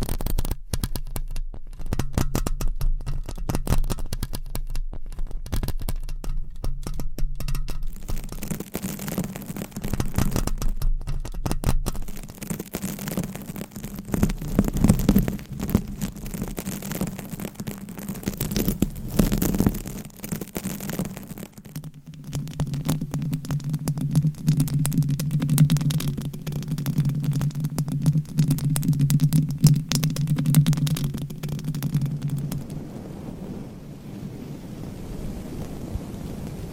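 Fingernails scratch and scrape across microphones in dense, rapid strokes, a crackling texture of brushy friction. Low, steady rumbling hums underneath, growing louder and more droning after about 22 seconds before the scratching thins out near the end.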